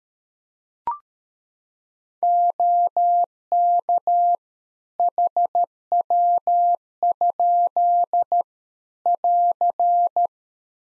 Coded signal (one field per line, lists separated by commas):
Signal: Morse code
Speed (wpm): 13 wpm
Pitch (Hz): 700 Hz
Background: none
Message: OK HW? <AR>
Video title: Practice QSO - Complete One-Sided - 13wpm